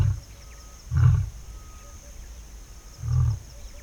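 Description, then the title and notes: Lion giving three deep, low grunting roars, spaced about one and then two seconds apart. Male lion advertising his territory at dawn, 6am, at a swamp in Tsavo National Park during the dry season. "It’s 6am in Tsavo NP at Kanderi swamp. A thin dawn chorus braves the dry season, soon joined by a male lion advertising his territory."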